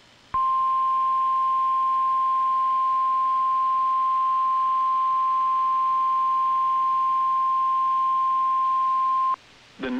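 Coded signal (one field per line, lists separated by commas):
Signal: Emergency Alert System (SAME) tones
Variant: 1050 Hz attention tone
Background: speech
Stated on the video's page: Severe thunderstorm and high wind warnings on NOAA Weather Radio, with radar displays.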